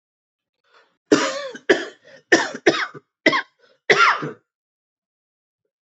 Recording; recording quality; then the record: heavy voluntary cough; excellent, no background noise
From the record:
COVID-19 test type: RT-PCR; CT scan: not taken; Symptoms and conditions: cough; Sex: male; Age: 31 years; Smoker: no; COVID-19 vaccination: both doses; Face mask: not worn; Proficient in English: yes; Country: India